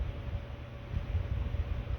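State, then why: Not seated. A reverse-threaded bottom bracket cup is backed off against the thread start of an ebike's bicycle frame shell, ahead of threading it in. Only a steady low rumble and faint hiss are heard, with no distinct click. Nothing has seated or clicked yet.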